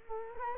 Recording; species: mosquito wingbeat signal from an infrared sensor; Culex quinquefasciatus